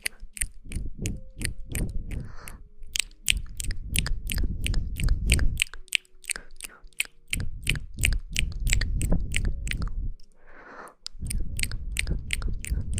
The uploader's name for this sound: Mouth Sounds